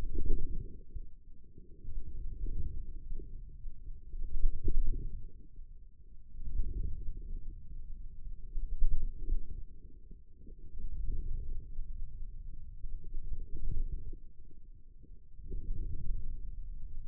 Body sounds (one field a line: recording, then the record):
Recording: forearm muscle sounds (acoustic myography)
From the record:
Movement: wrist flexion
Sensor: system 2, bracelet of six BSWA MPA416 microphones around the upper forearm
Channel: 4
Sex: male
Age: 22 years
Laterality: right